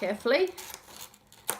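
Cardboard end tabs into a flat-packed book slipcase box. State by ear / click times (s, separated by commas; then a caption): seated / 1.5 s. Someone talks while the two small end tabs of a flat-packed cardboard book slipcase box are folded in and pushed carefully. A sharp click at 1.5 s marks the tabs seating into place.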